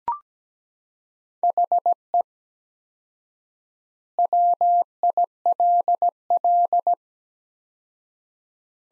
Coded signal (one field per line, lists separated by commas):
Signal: Morse code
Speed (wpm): 17 wpm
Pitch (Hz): 700 Hz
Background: none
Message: HE WILL